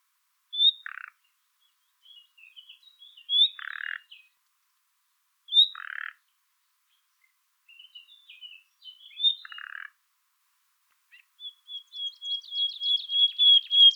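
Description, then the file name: Common nightingale singing short scratchy phrases with several sharp high notes, building into a loud series of repeated whistles at the end. "Luscinia megarhynchos"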